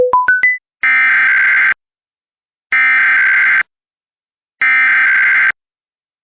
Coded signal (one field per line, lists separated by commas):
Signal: Emergency Alert System (SAME) tones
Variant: header bursts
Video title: EAS 216 - Michigan Statewide Tornado Drill RMT